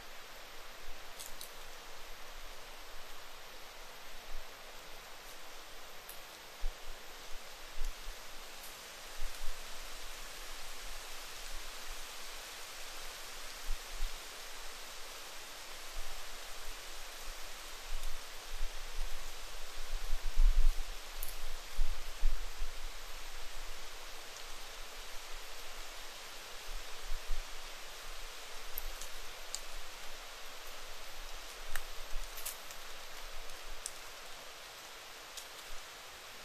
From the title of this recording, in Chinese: 林薮呖呖·极静深野